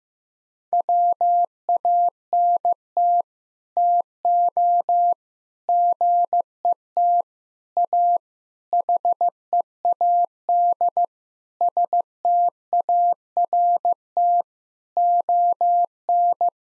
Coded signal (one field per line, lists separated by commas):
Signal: Morse code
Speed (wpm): 15 wpm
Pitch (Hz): 700 Hz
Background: none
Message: WANT TO GET A HEAD START ON